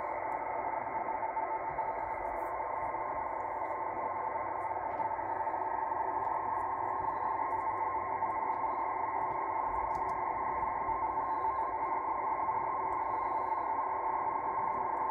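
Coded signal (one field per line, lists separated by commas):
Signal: NAVTEX (SITOR-B)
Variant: 100 baud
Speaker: apparently this at 0 45 is supposed to be Boston this is what I'm receiving here is from Boston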